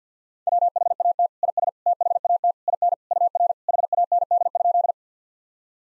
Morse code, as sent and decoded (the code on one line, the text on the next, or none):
.-- .... .- - / .. ... / - .... .- - / .. -. / ..- .-. / .... .- -. -.. ..--..
WHAT IS THAT IN UR HAND?